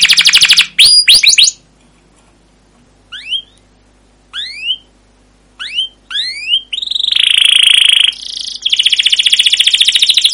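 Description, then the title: Canary song opening with rapid notes, then separated upswept chirps with pauses, ending in a buzzy high trill and fast repeated notes. Canary singing long rolling trills (ngerol, gacor), used as a lure (pancingan) to train other canaries. "CUIT CUIT NGEROL LANGSUNG GACOR PANJANG Kenari Ini Utk Pancingan KENAR. Suara Burung Kenari Gacor Panjang cuit cuit Ngerol untuk Pancingan Kenari!"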